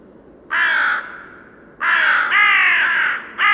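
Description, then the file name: Carrion crow cawing: a long harsh caw, then after a pause two rasping caws run together and a final short caw starting at the end. "Corvus corone"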